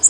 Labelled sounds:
Bay-breasted Warbler flight call

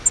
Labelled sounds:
Grace's Warbler flight call

